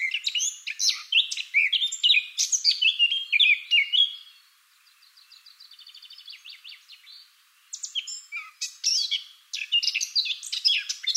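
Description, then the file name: Eurasian blackcap singing a rapid, chattering warble. A softer run of quick, even notes follows, then the loud varied warbling resumes. "Sylvia atricapilla"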